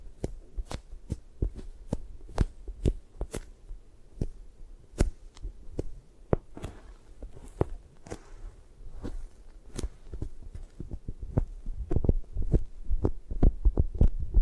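Sharp, quick taps land in an irregular rhythm, roughly two or three per second, over a soft low rumble, with faint scratching between some.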